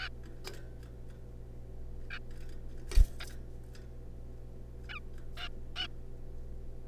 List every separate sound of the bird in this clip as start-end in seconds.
0.01-0.09, 2.10-2.19, 3.20-3.25, 4.89-4.99, 5.37-5.48, 5.76-5.87